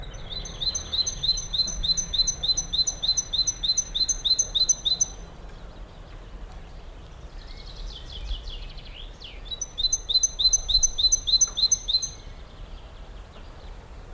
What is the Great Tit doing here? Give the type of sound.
call